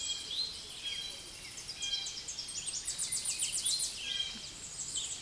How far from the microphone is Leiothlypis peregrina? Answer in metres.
about 35 m